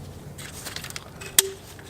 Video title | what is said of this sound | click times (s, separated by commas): Mercedes-Benz GLC 300 RaceChip Installation - C250 - C300 - E300 - GLE250 | there'll be two silver locking tabs all you need to do is just pull away until the unsnap | 1.4 s